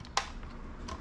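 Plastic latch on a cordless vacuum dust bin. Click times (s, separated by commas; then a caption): 0.2 s, 0.9 s. A second plastic part of the dust bin on a Dyson V10 Animal cordless vacuum is pressed until its plastic latch clicks home twice. A sharp click at 0.2 s is followed by a quieter click at 0.9 s, with faint ticks in between. The latch is fully seated.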